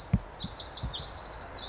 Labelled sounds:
Pacific Wren (Troglodytes pacificus)
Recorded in Sonoma County, California

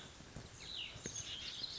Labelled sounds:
Cassin's Vireo (Vireo cassinii)
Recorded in Sonoma County, California

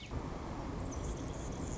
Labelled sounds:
Anna's Hummingbird (Calypte anna)
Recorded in Sonoma County, California

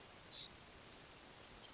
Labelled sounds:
Savannah Sparrow (Passerculus sandwichensis)
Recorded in Sonoma County, California

